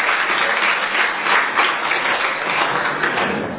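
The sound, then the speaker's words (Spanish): An audience applauds the Lord steadily, many hands clapping together in a dense, even roar of claps that holds at a fairly constant loudness throughout without any voices rising above it. “Un aplauso para el Señor, lo merece todo.”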